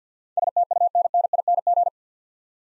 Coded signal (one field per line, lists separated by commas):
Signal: Morse code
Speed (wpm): 53 wpm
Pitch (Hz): 700 Hz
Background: none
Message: STUNNING